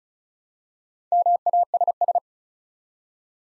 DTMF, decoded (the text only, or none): none